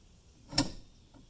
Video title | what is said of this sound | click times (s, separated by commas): How to quickly take off the front license plate with no damage! | you hear that click and it's in | 0.6 s